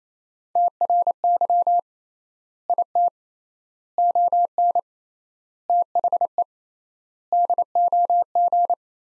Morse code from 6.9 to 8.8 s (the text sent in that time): DOG